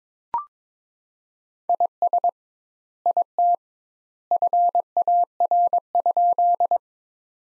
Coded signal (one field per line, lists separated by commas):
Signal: Morse code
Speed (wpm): 22 wpm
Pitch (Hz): 700 Hz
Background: none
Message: IS IT FAR?